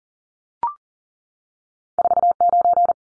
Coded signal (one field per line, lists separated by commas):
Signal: Morse code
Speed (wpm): 40 wpm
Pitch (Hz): 700 Hz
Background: none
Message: 49